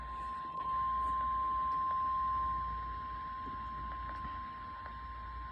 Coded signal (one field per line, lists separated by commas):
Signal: Emergency Alert System (SAME) tones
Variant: 1050 Hz attention tone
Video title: [EAS] Severe Thunderstorm Warning 6/14/24